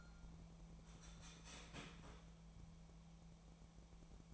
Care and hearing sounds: daily activity, microphone in the room; start toaster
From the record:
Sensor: 1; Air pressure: 1000.3 hPa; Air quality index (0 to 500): 157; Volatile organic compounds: 3 ppm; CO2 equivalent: 1472 ppm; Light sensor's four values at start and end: 29/73/31/37 and 29/73/31/37

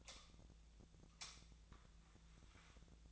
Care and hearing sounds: daily activity, microphone in the room; light on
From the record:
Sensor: 3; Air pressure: 1009.7 hPa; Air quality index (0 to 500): 189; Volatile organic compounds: 14 ppm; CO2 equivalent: 2467 ppm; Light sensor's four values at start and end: 39/98/42/45 and 46/120/51/52

